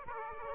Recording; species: mosquito wingbeat signal from an infrared sensor; Aedes aegypti